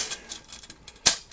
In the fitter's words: snaps in place